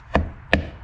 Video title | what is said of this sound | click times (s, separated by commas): 2011 Audi Q7 TDI HVAC Fan Trouble! | okay so there's a click and | 0.5 s